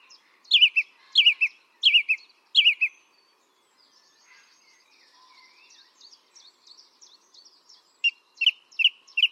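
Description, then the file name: Song thrush song: a descending phrase repeated three times, a quiet pause with soft twittering, then another phrase repeated several times. "singdrossel"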